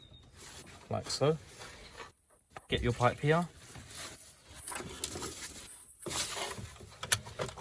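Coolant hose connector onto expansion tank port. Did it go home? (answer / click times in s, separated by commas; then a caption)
yes / 7.1 s. Someone talks as a coolant hose with a plastic quick-connect fitting is pushed onto the expansion tank port of a BMW 3 Series E46. A sharp click at 7.1 s marks the connector locking in, and the hose is seated.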